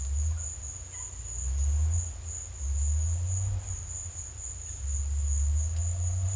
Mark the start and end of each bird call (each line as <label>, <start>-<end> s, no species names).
bird call, 0.88-1.08 s